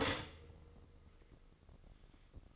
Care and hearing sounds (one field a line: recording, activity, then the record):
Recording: daily activity, microphone in the room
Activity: stop toaster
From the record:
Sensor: 4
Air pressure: 1008.0 hPa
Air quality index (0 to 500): 105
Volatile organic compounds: 1 ppm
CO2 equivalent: 777 ppm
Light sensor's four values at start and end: 9/20/8/8 and 9/19/8/8